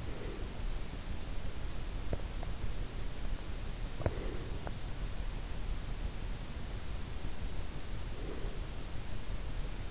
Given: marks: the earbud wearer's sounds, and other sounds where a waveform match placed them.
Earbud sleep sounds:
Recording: sounds in sleep by an in-ear microphone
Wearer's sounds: breath, teeth grinding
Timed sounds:
0.00-0.58 s: breath
2.00-2.45 s: teeth grinding
3.80-4.24 s: teeth grinding
4.04-4.68 s: breath
8.11-8.63 s: breath

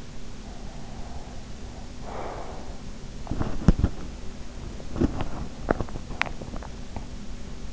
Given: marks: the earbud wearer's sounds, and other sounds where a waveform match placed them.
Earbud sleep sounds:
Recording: sounds in sleep by an in-ear microphone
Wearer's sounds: breath, teeth grinding, swallowing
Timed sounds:
0.47-2.87 s: breath
3.26-4.24 s: teeth grinding
4.81-6.37 s: teeth grinding
6.40-7.73 s: swallowing

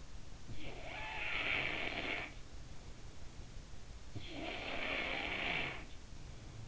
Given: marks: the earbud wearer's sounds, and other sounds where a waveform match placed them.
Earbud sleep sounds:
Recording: sounds in sleep by an in-ear microphone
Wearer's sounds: snoring breath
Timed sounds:
0.10-2.90 s: snoring breath
3.47-6.67 s: snoring breath

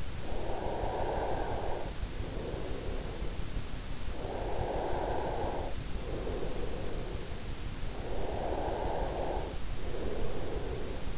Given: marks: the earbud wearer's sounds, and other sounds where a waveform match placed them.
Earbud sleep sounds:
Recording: sounds in sleep by an in-ear microphone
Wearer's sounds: breath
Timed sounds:
0.00-11.17 s: breath

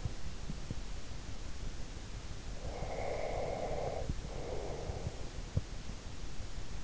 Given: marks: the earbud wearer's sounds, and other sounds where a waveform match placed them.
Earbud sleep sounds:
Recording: sounds in sleep by an in-ear microphone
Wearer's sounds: breath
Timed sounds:
2.56-5.13 s: breath

